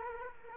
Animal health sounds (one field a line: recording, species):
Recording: mosquito wingbeat signal from an infrared sensor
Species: Culex quinquefasciatus